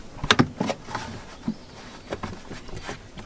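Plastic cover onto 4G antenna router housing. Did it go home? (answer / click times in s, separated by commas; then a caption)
yes / 0.3 s. A plastic cover is pressed back onto the router housing of a 4G antenna after the SIM card and power supply have been installed. A few light plastic knocks lead to a sharp snap at 0.3 s, followed by fainter taps and handling rustle. The cover is seated in place.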